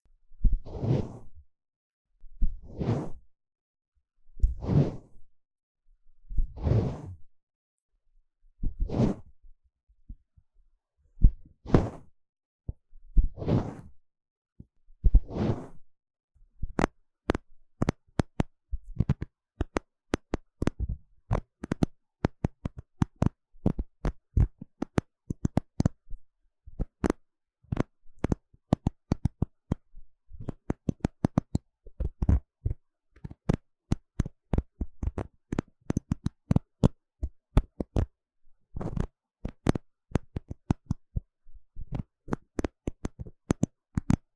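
Scratching and tapping on the mic. For the first sixteen seconds, soft swishy scratches come in a steady rhythm, about one every two seconds. Then it switches to rapid, sharp taps and clicks, dense and uneven, continuing to the end.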